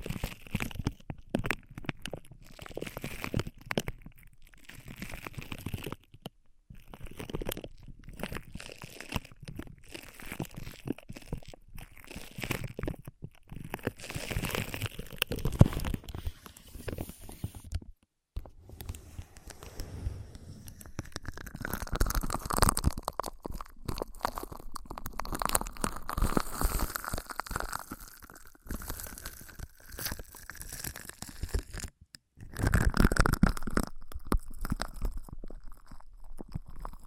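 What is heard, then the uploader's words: Crackly rubbing and crunching fills the ear massage and cleaning sounds, with dense bursts of scratching and crinkling that come and go in irregular waves. Brief near-silences break the texture around 18 and 32 seconds, and soft gliding swishes appear in the second half. ASMR 3Dio FS Pro II Mic Test Ear Massage, Cleaning etc (No Talking).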